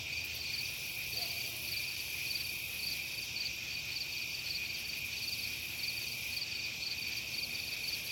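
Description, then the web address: Night insect chorus: a dense, unbroken wall of high buzzing trills, gently pulsing in layers, steady from start to finish. Night ambience in a residential subdivision. "SFXBible Ambience-Subdivision-Night-Insects-Distant-Dog"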